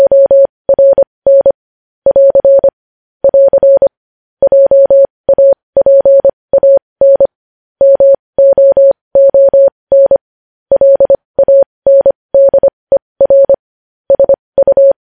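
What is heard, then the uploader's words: Morse code tapped out as a single steady mid-pitched tone, switching on and off in short dots and longer dashes. Letters come in quick clusters separated by brief gaps, continuing evenly for the whole stretch over dead silence with no other sounds. Morse code.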